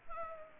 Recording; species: mosquito wingbeat signal from an infrared sensor; Anopheles gambiae